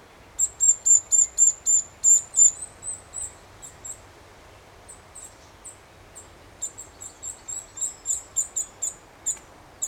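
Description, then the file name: Eurasian nuthatch giving rapid bursts of high, piercing notes, roughly four per second, pausing briefly, then resuming in a second run at a similar pace. "Sitta europaea"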